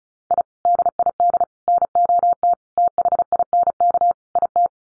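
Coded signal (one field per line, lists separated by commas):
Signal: Morse code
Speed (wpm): 34 wpm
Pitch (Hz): 700 Hz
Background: none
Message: I DID NOT THINK IT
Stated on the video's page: Computer-generated Morse head-copy drill of common five-word groups at 35 wpm; each set sent, spoken, then sent again.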